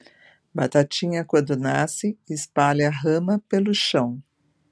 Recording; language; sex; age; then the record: short text; Brazilian Portuguese; female; 50 to 59 years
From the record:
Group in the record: control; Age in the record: 54 years